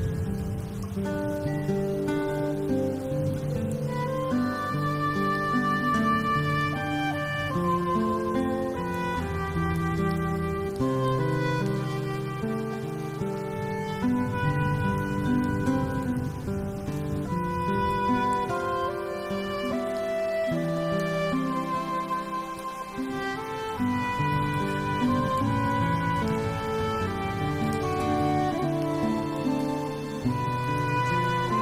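Soundtrack music of sustained, overlapping low notes and chords that shift slowly every few seconds, holding an even, full loudness throughout.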